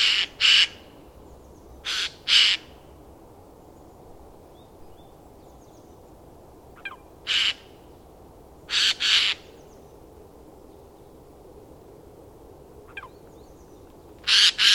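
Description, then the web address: Bird giving harsh, raspy squawks, mostly in pairs of short bursts, recurring every few seconds, with a few faint sharp clicks between them and quiet hiss. "madarak enek"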